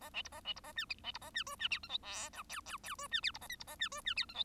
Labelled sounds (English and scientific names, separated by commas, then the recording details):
Bengalese Finch (Lonchura striata domestica) song
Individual Bird1